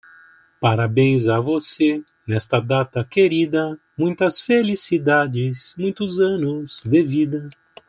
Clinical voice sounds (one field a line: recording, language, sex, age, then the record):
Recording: short text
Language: Brazilian Portuguese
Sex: male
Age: 60 to 69 years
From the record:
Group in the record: control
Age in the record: 61 years